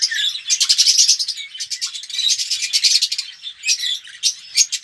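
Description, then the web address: Red-rumped parrot song: busy high twittering with quick trilled chirps in several bursts. "pevcii popugai. parrots psephotus-haematonotus"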